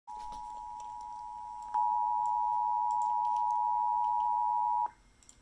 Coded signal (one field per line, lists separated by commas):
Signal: Emergency Alert System (SAME) tones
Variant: 853 and 960 Hz attention tone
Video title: EAS 1128 NC AMBER ALERT